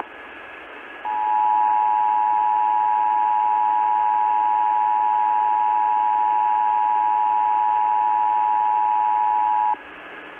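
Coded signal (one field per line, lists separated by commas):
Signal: Emergency Alert System (SAME) tones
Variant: 853 and 960 Hz attention tone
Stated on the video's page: Compilation of captured alerts, some recorded onto an answering machine, giving poor quality or an added voice timestamp.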